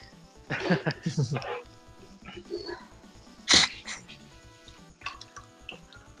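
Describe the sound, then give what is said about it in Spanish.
Someone sips water in short, wet bursts: a cluster of slurps early on, then a sharp hissing sip in the middle and a few softer swallows toward the end, with faint voices underneath. “Ok, oigo mucho ruido de bebidas.”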